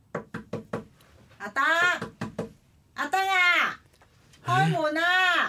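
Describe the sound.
Sharp knocking on a door comes in quick bursts of three or four raps, broken up by a voice calling out in long, drawn-out shouts of "open the door" in Cantonese.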